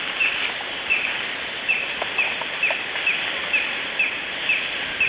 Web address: Natures Songs S America Eastern Lowlands Galbula dea, call and song